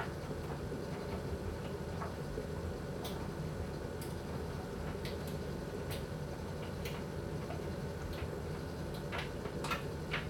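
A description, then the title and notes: An electric dryer runs with a steady, dense low hum and rumble that never changes in level. Faint clicks and light tapping, like items tumbling inside, come irregularly every second or so over the constant drone. Electric dryer white noise. The gentle hum of the dryer. The rhythmic sound of the clothes tumbling and the soft whir of the machine.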